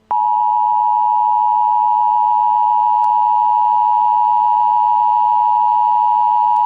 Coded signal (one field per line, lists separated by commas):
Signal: Emergency Alert System (SAME) tones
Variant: 853 and 960 Hz attention tone